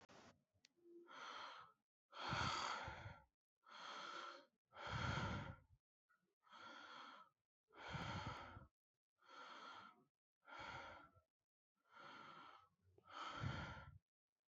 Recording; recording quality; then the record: deep breathing; excellent, no background noise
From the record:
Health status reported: COVID-19 positive, mild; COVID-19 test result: positive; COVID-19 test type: RT-PCR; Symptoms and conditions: cough, cold, sore throat, fatigue, muscle pain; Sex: male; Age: 26 years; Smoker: no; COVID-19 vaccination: both doses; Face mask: not worn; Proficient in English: yes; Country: India